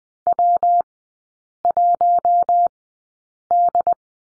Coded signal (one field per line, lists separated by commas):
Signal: Morse code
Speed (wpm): 20 wpm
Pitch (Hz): 700 Hz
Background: none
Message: W1D